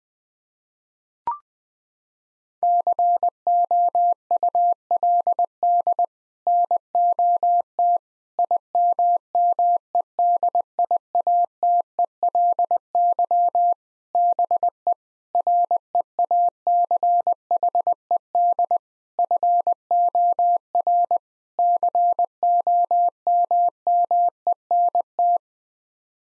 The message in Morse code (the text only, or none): COULD NOT IMMEDIATELY BE REACHED FOR COMMENT